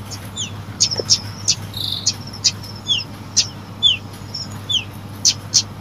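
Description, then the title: Lovebird chirps: sharp high chips and short descending squeaky notes, irregularly spaced, with a steady low hum underneath. Recording used to lure lovebirds. "PIKAT BURUNG LOVEBIRD"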